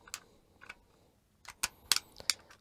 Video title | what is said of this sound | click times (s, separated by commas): Xvive U5T2 Wireless lavalier Mic, A Not Bias Review | that snaps into place. | 1.9 s